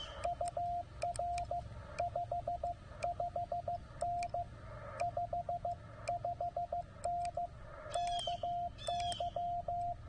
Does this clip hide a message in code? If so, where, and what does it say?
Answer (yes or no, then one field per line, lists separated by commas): yes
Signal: Morse code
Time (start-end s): 0.2-9.9 s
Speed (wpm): 16 wpm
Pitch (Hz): 700 Hz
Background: radio noise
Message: UR55N 55N KY